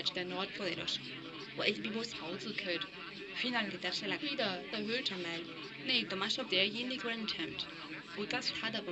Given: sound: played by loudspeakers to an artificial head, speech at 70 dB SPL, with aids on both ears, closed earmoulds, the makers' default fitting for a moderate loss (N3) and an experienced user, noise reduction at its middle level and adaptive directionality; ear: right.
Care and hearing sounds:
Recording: speech test signal (ISTS) in cocktail-party noise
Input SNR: +3 dB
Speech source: on the right (90 degrees)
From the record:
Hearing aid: class 1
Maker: D

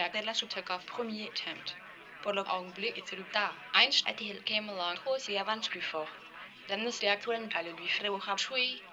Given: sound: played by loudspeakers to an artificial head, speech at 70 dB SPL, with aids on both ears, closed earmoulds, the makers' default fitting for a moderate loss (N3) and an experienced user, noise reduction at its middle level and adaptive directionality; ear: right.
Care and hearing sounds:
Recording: speech test signal (ISTS) in cocktail-party noise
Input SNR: +9 dB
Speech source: on the right (90 degrees)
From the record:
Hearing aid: class 1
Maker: F

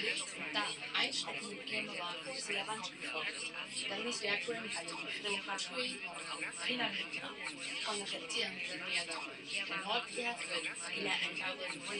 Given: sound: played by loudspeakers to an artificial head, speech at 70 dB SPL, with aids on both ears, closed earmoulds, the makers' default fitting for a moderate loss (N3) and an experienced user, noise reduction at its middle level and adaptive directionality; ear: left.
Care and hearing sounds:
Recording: speech test signal (ISTS) in cocktail-party noise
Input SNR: 0 dB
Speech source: on the right (90 degrees)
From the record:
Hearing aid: class 2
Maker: I

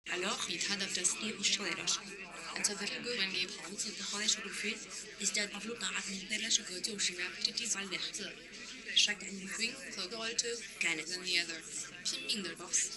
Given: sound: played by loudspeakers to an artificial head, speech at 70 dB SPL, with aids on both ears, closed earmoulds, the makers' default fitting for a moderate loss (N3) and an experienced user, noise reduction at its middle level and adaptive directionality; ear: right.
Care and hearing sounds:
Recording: speech test signal (ISTS) in cocktail-party noise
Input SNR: +3 dB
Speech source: in front (0 degrees)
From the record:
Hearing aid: class 1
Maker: H

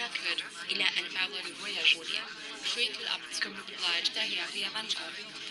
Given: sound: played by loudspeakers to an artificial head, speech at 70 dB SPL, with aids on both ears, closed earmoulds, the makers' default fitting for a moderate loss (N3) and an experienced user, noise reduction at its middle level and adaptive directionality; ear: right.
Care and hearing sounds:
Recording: speech test signal (ISTS) in cocktail-party noise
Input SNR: -3 dB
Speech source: on the right (90 degrees)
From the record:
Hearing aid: class 2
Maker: B

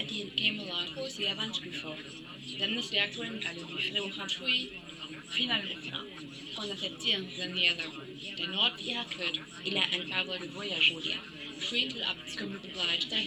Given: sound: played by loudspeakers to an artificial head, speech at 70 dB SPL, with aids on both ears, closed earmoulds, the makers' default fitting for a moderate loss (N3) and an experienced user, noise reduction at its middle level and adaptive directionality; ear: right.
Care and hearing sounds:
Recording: speech test signal (ISTS) in cocktail-party noise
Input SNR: 0 dB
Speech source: on the right (90 degrees)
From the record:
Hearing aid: class 1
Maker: C

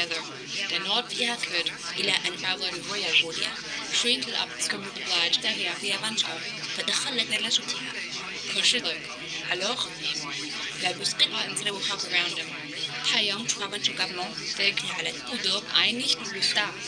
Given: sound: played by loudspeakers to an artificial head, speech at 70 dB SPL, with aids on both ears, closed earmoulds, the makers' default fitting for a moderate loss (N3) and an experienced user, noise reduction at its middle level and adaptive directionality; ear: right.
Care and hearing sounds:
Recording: speech test signal (ISTS) in cocktail-party noise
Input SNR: 0 dB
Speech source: in front (0 degrees)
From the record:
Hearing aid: class 2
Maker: A

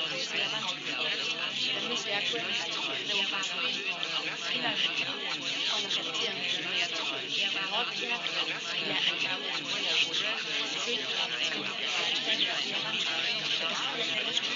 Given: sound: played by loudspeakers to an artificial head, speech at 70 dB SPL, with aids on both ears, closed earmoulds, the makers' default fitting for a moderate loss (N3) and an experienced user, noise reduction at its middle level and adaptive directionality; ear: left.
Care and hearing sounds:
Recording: speech test signal (ISTS) in cocktail-party noise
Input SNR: -6 dB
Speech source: in front (0 degrees)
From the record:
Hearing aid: class 1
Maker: G

